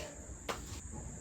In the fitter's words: pops right in